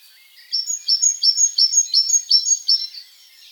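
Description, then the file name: Great tit song: a steady run of about seven high, ringing two-part phrases, evenly spaced and quick, then silence. "Parus major"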